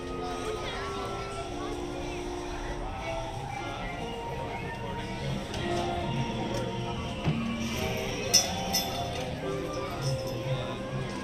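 Fantasyland ambience by the Mad Tea Party and Alice in Wonderland rides: steady music with overlapping voices, occasional clinks and brief rattles near the end.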